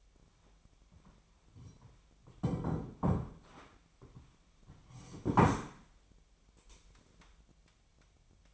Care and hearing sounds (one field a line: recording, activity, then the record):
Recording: daily activity, microphone in the room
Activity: sit down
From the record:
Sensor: 1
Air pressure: 1008.0 hPa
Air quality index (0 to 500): 191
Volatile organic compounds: 17 ppm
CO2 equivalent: 2585 ppm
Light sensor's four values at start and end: 13/33/13/15 and 13/33/13/15